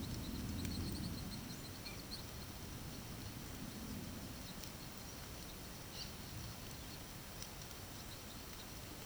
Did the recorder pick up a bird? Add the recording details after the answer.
no. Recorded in pastures near Puerto Asís, Putumayo, Colombia, on 9 March 2025 at 12:00. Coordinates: 0.486, -76.323. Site G075